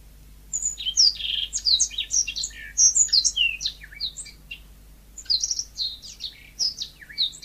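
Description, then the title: Magpie-robin in full song, a rich medley of whistles, slurs and chirps delivered quickly, broken by one short pause before the varied phrases resume. "Kicau Kacer"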